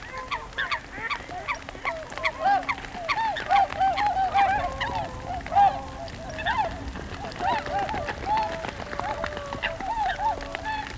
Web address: Whooper